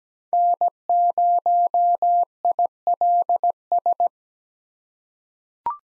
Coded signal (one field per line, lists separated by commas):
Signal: Morse code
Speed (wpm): 17 wpm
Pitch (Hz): 700 Hz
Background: none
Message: N0ILS